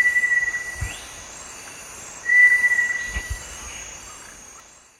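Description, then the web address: Cinereous tinamou calls twice with a steady, even-pitched whistle about a second long, with continuous shrill insect buzzing behind and a few low thumps. Eastern lowlands of South America. "Natures Songs S America Eastern Lowlands. Cinereous Tinamou"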